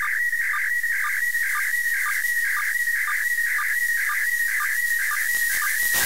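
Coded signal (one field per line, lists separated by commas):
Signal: SSTV (slow-scan television)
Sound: warbling tone sweeping around 2 kHz, with a short low chirp about twice per second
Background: radio static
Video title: DECODIFICANDO TRANSMISSÃO SSTV DA ISS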